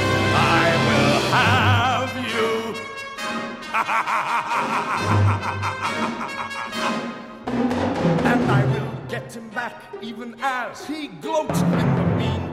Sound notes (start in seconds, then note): 2.7 singing; 3.6 soundbite of laughter